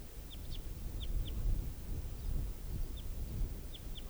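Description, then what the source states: Red Crossbill calls: short sharp high notes, given singly and in close pairs, scattered throughout over a low rumbling background. Type 4 call; wild bird, an orange male perched on a burnt branch in a clearing, then flying up the hill.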